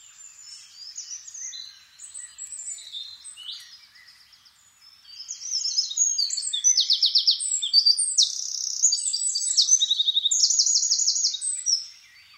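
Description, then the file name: Eurasian wren song: softer high twittering, then a loud rapid outpouring of high buzzy trills and sharp notes lasting about six seconds. "Troglodytes troglodytes"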